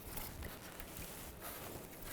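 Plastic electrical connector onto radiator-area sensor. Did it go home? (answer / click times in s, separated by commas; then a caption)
yes / 0.8 s. A plastic electrical connector near the radiator of a 1998-2010 Volkswagen Beetle is lined up and pushed onto a radiator-area sensor. A sharp click is heard at 0.8 s, after a brief snap at 0.5 s, and the connector is confirmed seated and good.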